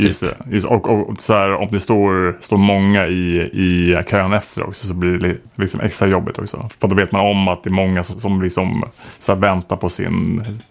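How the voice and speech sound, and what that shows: An adult man who stutters speaks conversational Swedish in a low voice, with repeated whole words and syllables ('står, står', 'i, i', 'som, som'), short hesitation pauses and a few stretched sounds. These are the repetitions and hesitations of mild stuttering.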